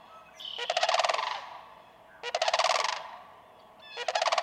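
Sandhill crane giving loud rolling, rattling bugles, each about a second long, repeated roughly every one and a half to two seconds.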